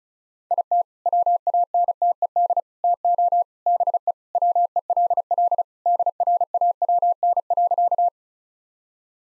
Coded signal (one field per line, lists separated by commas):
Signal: Morse code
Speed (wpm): 34 wpm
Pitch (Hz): 700 Hz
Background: none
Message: IT WANTED TO BE WELL DRAWN.